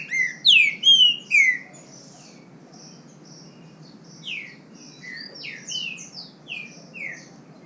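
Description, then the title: Green-winged saltator song: three loud slurred whistled notes, then softer, quicker and higher whistled phrases. Bird named Nicão singing in the bush (mato), competing in song with a free-living bird. "Trinca Ferro NICÃ O No Mato Disputando Com Solto"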